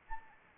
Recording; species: mosquito wingbeat signal from an infrared sensor; Anopheles arabiensis